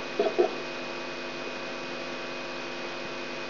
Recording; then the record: brain microelectrode recording played as sound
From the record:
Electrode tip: outside the subthalamic nucleus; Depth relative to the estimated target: -8 mm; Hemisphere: right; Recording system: AlphaMap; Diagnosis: Parkinson's disease